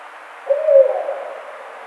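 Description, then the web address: Barred owl uttering one short, low, slightly wavering hoot over a constant soft hiss. Recorded on 11 April 2009. "Barred Owl 2009 04 11"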